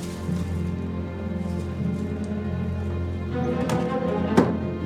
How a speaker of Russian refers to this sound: Гоцман простукивает ящики и находит тайник.